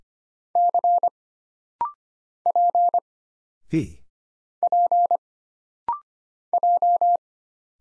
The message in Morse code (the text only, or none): C P P J